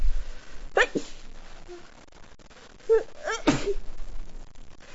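An adult woman sneezes twice, each sneeze a sharp, forceful burst of air. The second sneeze follows a rising, voiced 'ah' intake. A quiet room is heard in the background.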